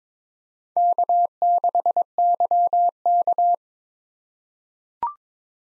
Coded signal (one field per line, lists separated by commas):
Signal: Morse code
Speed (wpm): 22 wpm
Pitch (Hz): 700 Hz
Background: none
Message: K6YK